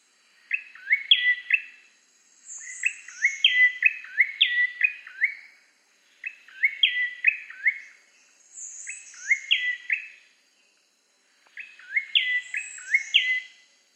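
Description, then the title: Prinia song in several phrases of sharp, stepped chirping notes with pauses between, and a thin, high note now and then. "prenjk gnung. suara burung prenjak coki"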